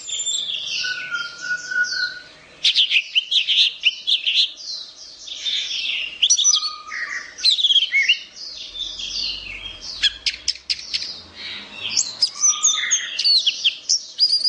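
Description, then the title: Orange-headed thrush delivering rich, rapid song of sweet whistles, clicks and trills, including a few lower pure drawn-out notes, nearly without pause. "Anis Merah"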